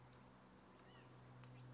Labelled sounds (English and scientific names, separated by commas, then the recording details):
White-breasted Nuthatch (Sitta carolinensis)
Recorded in Sonoma County, California